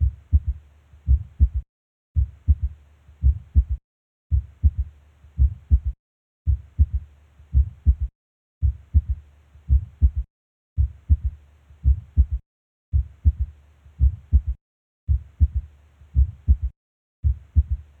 Third Heart Sound S3 Physiologic.